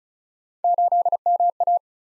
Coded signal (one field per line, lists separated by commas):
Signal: Morse code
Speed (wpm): 36 wpm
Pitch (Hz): 700 Hz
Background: none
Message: 8MA